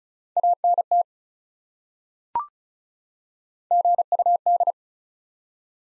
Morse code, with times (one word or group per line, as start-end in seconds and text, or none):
0.4-1.0 ANT
3.7-4.7 GUD